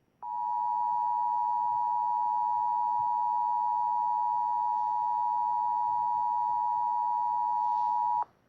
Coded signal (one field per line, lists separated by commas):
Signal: Emergency Alert System (SAME) tones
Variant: 853 and 960 Hz attention tone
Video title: Rage Quit: WaterFanatic Goes Insane (EAS Scenario)